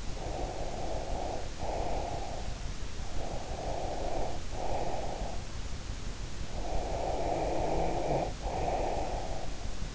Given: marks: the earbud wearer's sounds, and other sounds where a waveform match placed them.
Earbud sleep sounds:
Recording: sounds in sleep by an in-ear microphone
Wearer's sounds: breath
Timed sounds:
0.00-2.44 s: breath
3.11-5.51 s: breath
6.62-9.53 s: breath

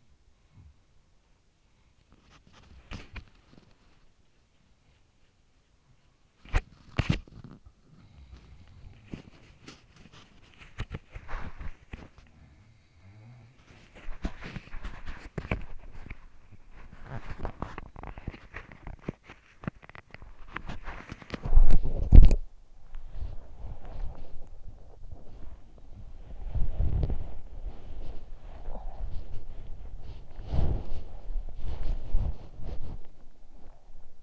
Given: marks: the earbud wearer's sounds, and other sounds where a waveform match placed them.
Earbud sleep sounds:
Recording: sounds in sleep by an in-ear microphone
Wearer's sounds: body movement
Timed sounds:
0.00-34.23 s: body movement
7.82-9.34 s: sound from someone else or the room
12.10-14.20 s: sound from someone else or the room

